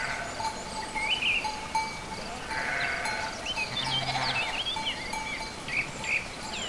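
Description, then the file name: Sheep letting out a short bleat near the middle while small birds chirp and twitter around it over a soft background hiss. Sheep together with birds at a farm ('chez le maitre') on 29 April 2011. "oiseaux moutons chez le maitre 29 04 11"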